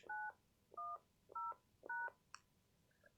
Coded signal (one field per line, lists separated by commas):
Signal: DTMF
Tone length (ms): 200 ms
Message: 910#